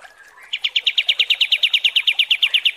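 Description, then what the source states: Striated Grassbird (kapas tembak) song: after soft faint notes, a steady rapid string of sharp repeated notes continuing to the end. Masteran tutoring recording of kapas tembak song.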